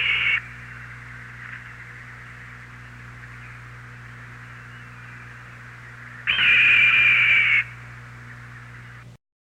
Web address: 101 Bird Songs. Red Tailed Hawk